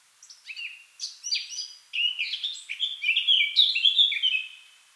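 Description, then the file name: Eurasian blackcap song that starts with a few scratchy notes, then builds into a fast, tumbling warble with louder, clearer whistles toward the end. "Sylvia atricapilla"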